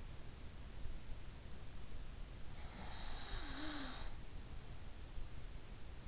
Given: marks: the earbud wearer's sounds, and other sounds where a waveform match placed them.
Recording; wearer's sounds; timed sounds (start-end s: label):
sounds in sleep by an in-ear microphone; snoring breath
2.53-4.38 s: snoring breath